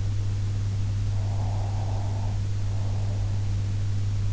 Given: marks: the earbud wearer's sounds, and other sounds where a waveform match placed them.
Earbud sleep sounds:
sounds in sleep by an in-ear microphone; breath
1.15-3.58 s: breath

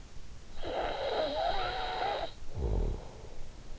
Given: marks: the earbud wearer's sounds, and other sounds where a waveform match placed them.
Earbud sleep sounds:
sounds in sleep by an in-ear microphone; snoring breath
0.26-3.78 s: snoring breath

